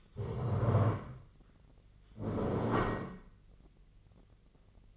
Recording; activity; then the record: daily activity, microphone in the room; stand up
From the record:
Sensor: 4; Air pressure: 1013.1 hPa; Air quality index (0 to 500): 174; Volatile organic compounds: 2 ppm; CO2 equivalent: 1099 ppm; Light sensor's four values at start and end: 50/123/52/56 and 50/123/52/56